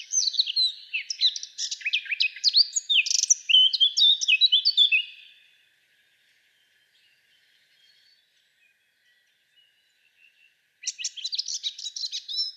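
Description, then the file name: Eurasian blackcap song: about five seconds of fast, jumbled warbling and bright notes, several seconds of quiet, then another lively warbled phrase begins. "Sylvia atricapilla"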